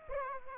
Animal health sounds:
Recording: mosquito wingbeat signal from an infrared sensor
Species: Aedes aegypti

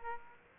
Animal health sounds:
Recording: mosquito wingbeat signal from an infrared sensor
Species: Aedes aegypti

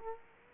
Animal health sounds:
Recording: mosquito wingbeat signal from an infrared sensor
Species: Culex quinquefasciatus

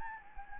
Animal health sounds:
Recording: mosquito wingbeat signal from an infrared sensor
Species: Anopheles gambiae

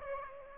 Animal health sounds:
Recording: mosquito wingbeat signal from an infrared sensor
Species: Aedes aegypti

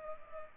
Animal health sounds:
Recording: mosquito wingbeat signal from an infrared sensor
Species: Culex pipiens

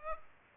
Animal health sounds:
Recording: mosquito wingbeat signal from an infrared sensor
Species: Culex pipiens

